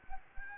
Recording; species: mosquito wingbeat signal from an infrared sensor; Anopheles gambiae